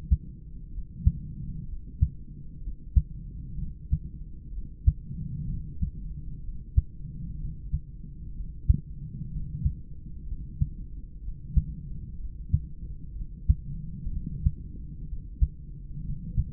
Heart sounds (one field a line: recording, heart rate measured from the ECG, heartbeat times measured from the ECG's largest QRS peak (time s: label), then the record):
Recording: heart sounds by stethoscope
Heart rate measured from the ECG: 63 bpm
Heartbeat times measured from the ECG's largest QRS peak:
0.69 s: heartbeat
1.64 s: heartbeat
2.59 s: heartbeat
3.55 s: heartbeat
4.50 s: heartbeat
5.45 s: heartbeat
6.40 s: heartbeat
7.36 s: heartbeat
8.32 s: heartbeat
9.28 s: heartbeat
10.24 s: heartbeat
11.20 s: heartbeat
12.16 s: heartbeat
13.12 s: heartbeat
14.08 s: heartbeat
15.04 s: heartbeat
16.01 s: heartbeat
From the record:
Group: heart failure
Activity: rest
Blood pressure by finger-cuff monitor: 114/78 mmHg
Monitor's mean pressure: 94 mmHg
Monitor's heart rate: 62 bpm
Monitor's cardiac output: 3.8 L/min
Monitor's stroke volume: 60 mL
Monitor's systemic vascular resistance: 1810 dyn s/cm5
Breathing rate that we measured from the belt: 29 breaths a minute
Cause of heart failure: idiopathic cardiomyopathy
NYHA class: 2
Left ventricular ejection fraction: 17%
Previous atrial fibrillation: present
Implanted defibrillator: present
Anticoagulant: edoxaban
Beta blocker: bisoprolol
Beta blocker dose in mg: 7.5 twice daily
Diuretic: furosemide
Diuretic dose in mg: 20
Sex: male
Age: 63 years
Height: 160 cm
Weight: 69 kg